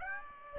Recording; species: mosquito wingbeat signal from an infrared sensor; Aedes aegypti